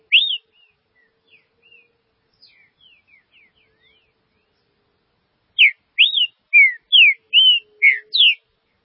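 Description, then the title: Green-winged saltator song: a loud whistled note and a scatter of faint soft notes, then a loud run of several clear whistled slurs in quick succession. "Trinca Ferro"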